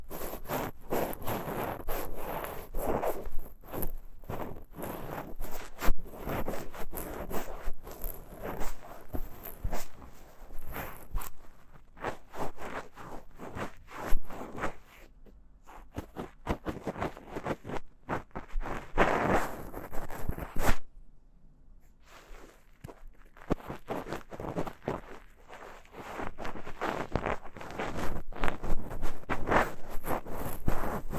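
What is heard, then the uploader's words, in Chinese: Ear cleaning with a pick, a bonthen (梵天) fluff and horsehair brush, heard as dense, crackly scraping and rustling scratches in rapid bursts. Short quiet gaps fall around 15 and 21 seconds, and the soft scratching returns afterward. ASMR×KU100。掏耳．梵天．馬尾絲。Deep Ear Cleaning。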